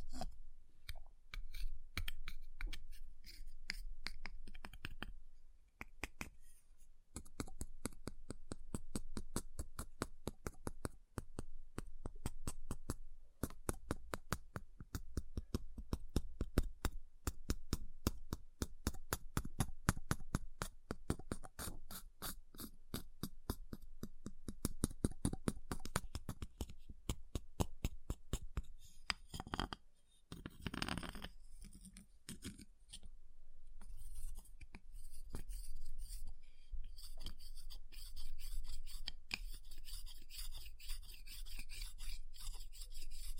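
Ice is tapped, scratched and carved in dense rapid strokes, a steady rasping run broken by brief pauses near 6, 30 and 36 seconds.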